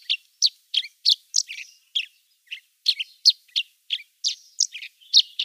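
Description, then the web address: Chestnut-shouldered Petronia singing a series of sharp sparrow-like chirps, some doubled, with one brief pause midway; the background is otherwise quiet. "Schulze Peter Chestnut-shouldered Petronia song"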